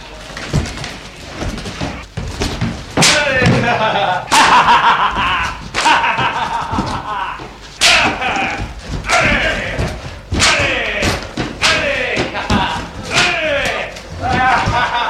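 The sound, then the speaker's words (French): Sharp, loud whip cracks snap out at irregular intervals, roughly every few seconds, as a whip lashes a catafalque that moves about a hall, over a steady din of shouting, laughing voices. “Flagellé par Folial, le catafalque bouge, tend, se met à circuler dans la salle”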